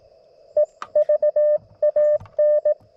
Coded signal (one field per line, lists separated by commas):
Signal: Morse code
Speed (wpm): 20 wpm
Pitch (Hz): 600 Hz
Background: radio noise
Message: EVAN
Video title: A quick QRP CW POTA activation with the LNR Precision MTR-4B